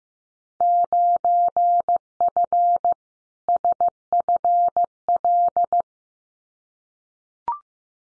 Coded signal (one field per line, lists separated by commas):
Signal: Morse code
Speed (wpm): 15 wpm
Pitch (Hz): 700 Hz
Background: none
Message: 9F SFL